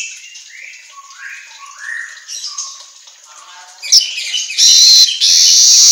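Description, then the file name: Asian golden weaver song: soft, slurred whistled notes, then loud, harsh, buzzy sizzling phrases. Song recording used for training songbirds to sing. "Suara Kicau Manyar Kepala Emas Auto Gacor"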